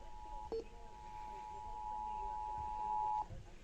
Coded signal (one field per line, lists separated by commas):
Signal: Emergency Alert System (SAME) tones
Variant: 853 and 960 Hz attention tone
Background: speech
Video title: Georgia Child Abduction Emergency (EAS #840)